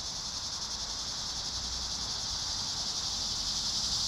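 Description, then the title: Cicadas giving a steady, shrill buzzing chorus with a faint pulsing texture, growing slightly louder, over a soft low background hum. "neoscenes: cicadas at Trinity"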